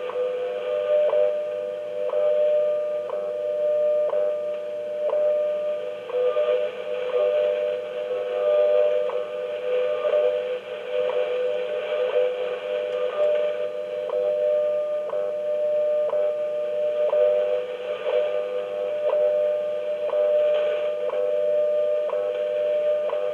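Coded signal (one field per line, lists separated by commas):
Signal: radio time signal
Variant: WWV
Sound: steady mid-pitch tone interrupted by a short click tick every second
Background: radio static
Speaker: it reads off the WWV time standard Fort Collins Colorado that gets broadcast on a few different frequencies and this one picks up five 10 or 15 mahz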